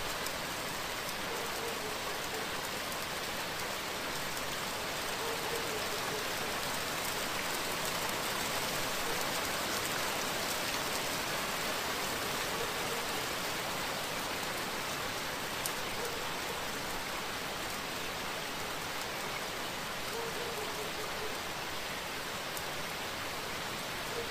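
Night rain in Bruges, Belgium, falls in a steady, dense hiss with no pauses, bright and even throughout. Faint low patter sits underneath, and a few slightly sharper drops stand out now and then. The level barely changes across the whole stretch.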